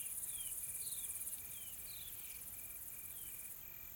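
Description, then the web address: Insects chirp in a quick, steady pulse of short notes over a high shimmering hum, with soft downslurred bird whistles. Soft, calm insect ambience in tropical forest, South Africa. "Sonniss - GDC 2020-Game Audio Bundle Smart Sound FX - Nature South Africa AMBIENCE Additional Tropical Forest Soft Insects Calm"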